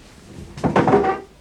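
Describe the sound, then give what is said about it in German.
A wooden chair creaks as someone sits down: a brief woody knock followed by a strained, groaning creak lasting about half a second, fairly loud against a quiet background. “Setz dich.”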